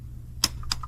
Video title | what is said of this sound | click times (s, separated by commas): Oil Cooler, Turbo & intake Manifolds installation On a Sprinter Van - Part 4 | so just like that I hope you heard the torque wrench click | 0.4 s